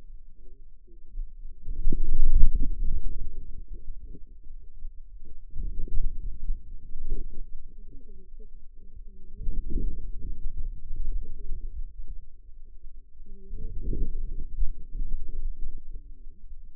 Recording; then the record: forearm muscle sounds (acoustic myography)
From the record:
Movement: outward rotation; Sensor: system 2, bracelet of six BSWA MPA416 microphones around the upper forearm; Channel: 6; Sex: female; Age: 21 years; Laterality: right